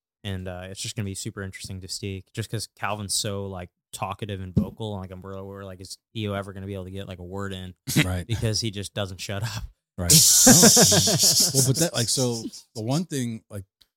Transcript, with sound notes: And it's just gonna be super interesting to see, just cause Calvin's so like talkative and vocal like a bro, or like is he ever gonna be able to get like a word in? - Right. - Because he just doesn't shut up. - Right. - (laughing) Well, but that like, so the one thing like,